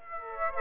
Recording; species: mosquito wingbeat signal from an infrared sensor; Aedes aegypti